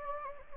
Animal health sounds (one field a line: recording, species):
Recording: mosquito wingbeat signal from an infrared sensor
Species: Anopheles gambiae